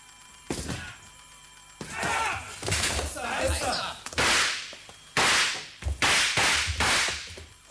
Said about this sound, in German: Zwei Mitglieder der SD-Einsatzgruppe haben das 8. Stockwerk des Nippon Center erreicht. Sie brechen die Tür zu Tagomis Büro auf.